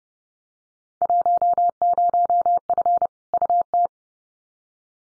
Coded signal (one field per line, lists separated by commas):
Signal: Morse code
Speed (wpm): 30 wpm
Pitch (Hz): 700 Hz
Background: none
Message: 10F UT